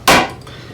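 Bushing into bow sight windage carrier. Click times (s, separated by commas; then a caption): 0.1 s. A second bushing is pushed back into a bow sight windage carrier against a table, giving a sharp, bright snap at 0.1 s as it seats, followed by a faint tick around 0.5 s. The bushing is confirmed seated in the carrier.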